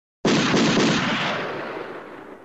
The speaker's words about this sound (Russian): Разряжают свои пистолеты боевые холопы князя Рамадановского.